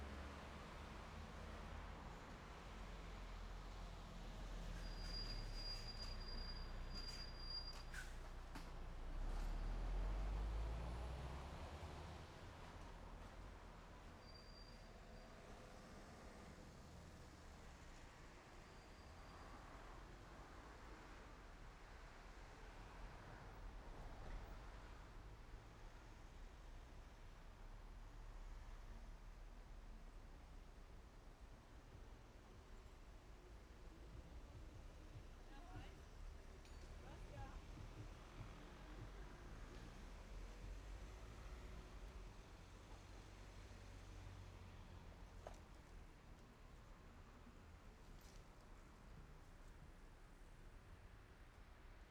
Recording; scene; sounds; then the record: everyday scene through a hearing-aid microphone; in traffic; traffic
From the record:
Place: main road on the outskirts, rush hour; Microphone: behind the ear, right, front